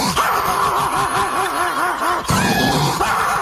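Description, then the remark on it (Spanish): A small Pekingese dog, a neighbour's dog, lets out a quick run of wheezy, raspy barks, rising and falling in a steady rhythm, then the sound breaks off abruptly into a different noisy texture. “¿Oíste cómo ladra el perro pequinés?”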